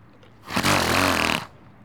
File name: Donkey Sneeze